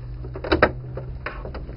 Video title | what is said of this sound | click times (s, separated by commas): CIS For HP Envy 5530, 4500, 5531, 5532, 4502, 4505 Printers | you see that just snaps right in then you'll be able to put your main hose bracket in | 0.6 s